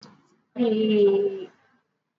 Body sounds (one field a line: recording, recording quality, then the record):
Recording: sustained vowel as in beet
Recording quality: excellent, no background noise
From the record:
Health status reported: exposed to COVID-19, no respiratory illness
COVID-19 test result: not tested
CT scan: not taken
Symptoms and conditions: cough, cold, fever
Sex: female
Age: 55 years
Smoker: no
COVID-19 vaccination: both doses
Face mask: worn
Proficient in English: yes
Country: India